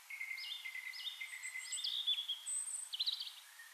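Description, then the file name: Eurasian blackbird song: a run of clear, slurred whistled phrases, several dropping in pitch, ending in a brief squeaky twitter, with faint high chirps above. "Turdus merula"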